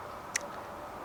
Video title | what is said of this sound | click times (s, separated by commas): Peak Design Bike Mount Pro Review | it's real fast and easy to throw it back on and it locks into place really really quick and easily | 0.4 s